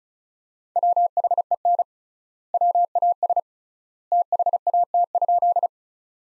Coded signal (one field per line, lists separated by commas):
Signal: Morse code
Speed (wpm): 36 wpm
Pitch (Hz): 700 Hz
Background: none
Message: WHEN WAS THAT?